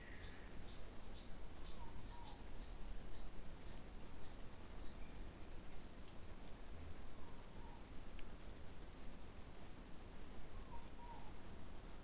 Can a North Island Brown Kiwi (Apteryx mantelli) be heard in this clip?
no